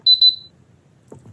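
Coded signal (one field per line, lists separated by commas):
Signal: beep code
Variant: Instant Pot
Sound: two quick high-pitched electronic beeps, then a soft low thump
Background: quiet room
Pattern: 2 short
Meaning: Button-press beep while holding minus to switch the sound off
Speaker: Just hold the minus sign button and it'll say S off, sound off,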